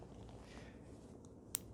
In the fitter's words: 딸깍 소리가 날 때까지 밀어 줘야 돼요